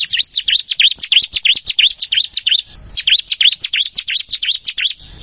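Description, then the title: Prinia singing a quick, steady string of high, slurred chip notes, about three per second, continuing throughout. "Ciblek Sawah"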